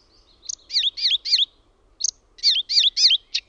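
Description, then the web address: Icterine warbler song: fast, varied phrases of high squeaky, slurred notes, each repeated two or three times, broken by a short pause. Own recording. "OMAT AANITYKSET KULTARINTA"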